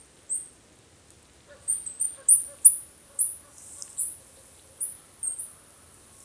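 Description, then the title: Black-crested warbler giving short, very high, thin call notes, single and in quick pairs, irregularly spaced over several seconds. "Myiothlypis Nigrocristata"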